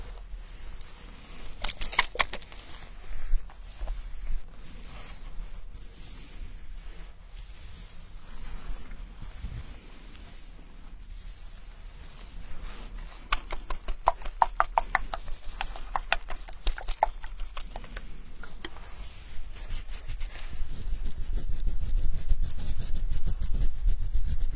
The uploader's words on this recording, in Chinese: 沉浸式洗头体验 & 头皮按摩。